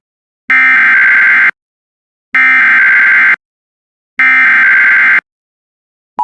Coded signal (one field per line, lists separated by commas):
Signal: Emergency Alert System (SAME) tones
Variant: header bursts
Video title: EAS #250 SVR On WJON-IP (FIXED)